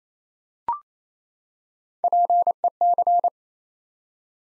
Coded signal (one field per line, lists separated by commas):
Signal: Morse code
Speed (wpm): 27 wpm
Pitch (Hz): 700 Hz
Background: none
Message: PEC